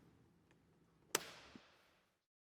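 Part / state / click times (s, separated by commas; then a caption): folding door anchor panel into top track channel / seated / 1.1 s. The anchor panel of a Homestyle Metro folding door is pressed up into the overhead track channel until it snaps into place. After a quiet stretch with a faint tick near 0.5 s, a sharp, bright snap rings out at 1.2 s and decays over about a second, with a smaller knock at 1.6 s. The panel is seated in the channel.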